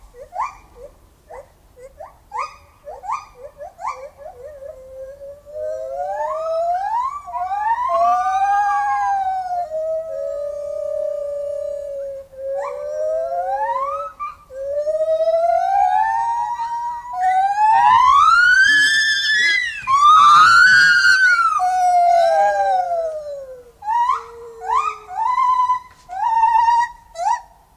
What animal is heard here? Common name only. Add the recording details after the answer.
Lar Gibbon. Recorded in captivity. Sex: diverse. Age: diverse. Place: Zoo Osnabrück, Niedersachsen, DE. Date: 1991-09-09 10:04. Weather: overcast, 13°C. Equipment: Marantz CP 430, Kopie Tesla B 116. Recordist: Tembrock, Günter. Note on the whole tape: Männchen und Weibchen (dunkel) und erwachsene Tochter (beide Weibchen rufen synchron (Gesang), Tochter (hell) geht dann immer in die Nähe der Mutter. Längere Stücke. Verwandtschaftsverhältnis von Bergmann bestätigt